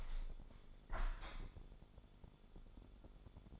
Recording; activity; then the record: daily activity, microphone in the room; open window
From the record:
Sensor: 5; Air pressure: 1015.0 hPa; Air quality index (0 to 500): 108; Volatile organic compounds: 2 ppm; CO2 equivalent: 1160 ppm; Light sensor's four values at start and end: 35/81/33/31 and 35/81/33/31